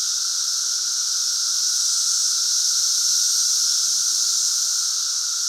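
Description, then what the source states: Periodical cicadas in a dense chorus: a steady, unbroken high hiss with a lower droning hum beneath, holding an even level throughout. Central Illinois; 2024 cicada super bloom.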